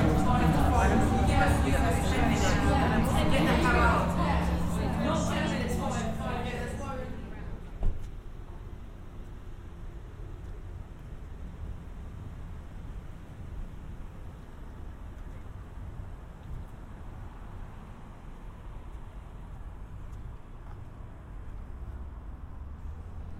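A collage of field recordings opens with seven seconds of busy, dense voices and clatter, then cuts abruptly to a quiet, dull, steady rumble.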